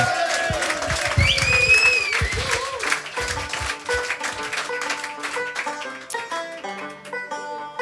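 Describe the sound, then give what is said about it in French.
The Millennium audience applauds steadily as a band takes the stage at the Blues Café, with a sharp whistle cutting through, the clapping thinning after a few seconds as sustained musical tones and instrument notes take over. “Les … sont sur la scène du Blues Café sous les applaudissements du public du Millennium”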